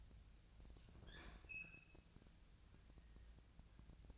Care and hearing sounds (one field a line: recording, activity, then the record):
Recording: daily activity, microphone in the room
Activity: open fridge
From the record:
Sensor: 2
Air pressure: 999.9 hPa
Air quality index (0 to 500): 122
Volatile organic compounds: 2 ppm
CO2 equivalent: 1046 ppm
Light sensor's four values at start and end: 33/82/35/39 and 33/81/35/39